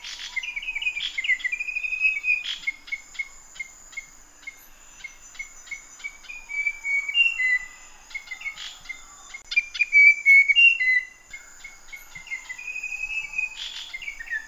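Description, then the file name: Fantail delivering a long string of whistled phrases, quick clipped notes alternating with drawn-out tones, plus brief sharp chips and a continuous high background whine. "kipasan lurik omkicau"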